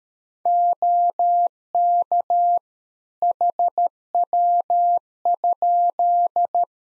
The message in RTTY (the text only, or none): none